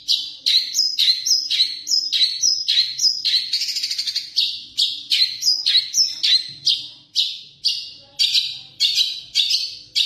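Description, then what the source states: Long-tailed shrike delivering a long, varied medley of high chirps, buzzy trills and clipped whistles in fast succession, later settling into evenly spaced harsh notes. Combination song (kombinasi).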